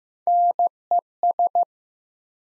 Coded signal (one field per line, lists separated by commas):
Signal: Morse code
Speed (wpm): 15 wpm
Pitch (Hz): 700 Hz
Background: none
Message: NES